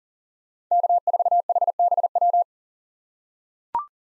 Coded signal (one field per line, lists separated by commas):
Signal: Morse code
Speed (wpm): 40 wpm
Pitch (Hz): 700 Hz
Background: none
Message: K4HBW